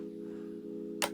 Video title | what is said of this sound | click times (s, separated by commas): Handover: MDC XT10E Offroad Caravan | each time you hear a click that's the next increment in holding the window open | 1.0 s